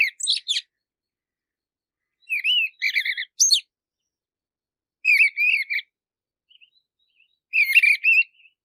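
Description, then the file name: Mistle thrush song: clear, ringing whistled phrases delivered in bursts with silent gaps between, a few faint extra notes in one pause. "Canto do tordoveia"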